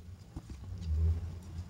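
A plastic leg panel of a Transformers Kingdom Voyager Class Maximal Grimlock transforming robot figure is swung around toward the body to be joined, with soft handling rustles over a low background rumble. The clip ends just before the part goes home, so nothing has seated or clicked yet.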